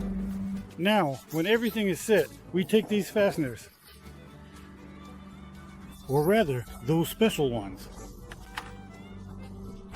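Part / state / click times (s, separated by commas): fastener into railing bracket / seated / 8.3 s, 8.6 s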